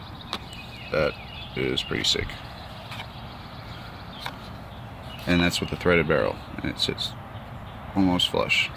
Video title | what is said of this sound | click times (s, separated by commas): Stealth operator holster fits 150 different guns | it just locks in place that | 0.3 s